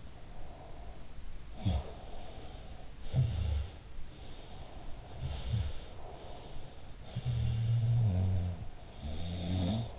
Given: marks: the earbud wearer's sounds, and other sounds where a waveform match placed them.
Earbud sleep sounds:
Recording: sounds in sleep by an in-ear microphone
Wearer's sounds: breath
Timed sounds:
0.00-1.32 s: breath
1.45-4.00 s: sound from someone else or the room
4.10-6.02 s: sound from someone else or the room
6.05-8.75 s: sound from someone else or the room
8.91-9.99 s: sound from someone else or the room

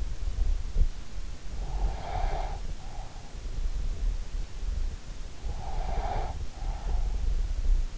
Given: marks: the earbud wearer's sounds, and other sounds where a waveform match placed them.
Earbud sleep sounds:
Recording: sounds in sleep by an in-ear microphone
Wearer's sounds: breath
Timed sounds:
1.49-3.69 s: breath
5.51-7.45 s: breath

